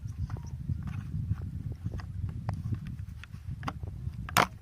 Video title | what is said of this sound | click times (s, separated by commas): How I Install a Solar Light | So you hear a click. | 4.4 s